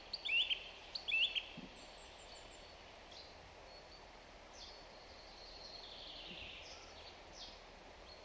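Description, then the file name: Song thrush song: a twisting whistled phrase given twice in quick succession, then quiet with a few faint thin high notes. "Zanglijster Turdus philomelos"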